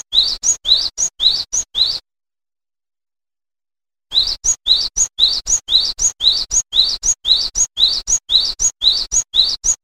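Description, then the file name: Cinereous tit song of repeated two-part phrases, an upward-sliding note followed by a high short one. "suara burung glatik wingko"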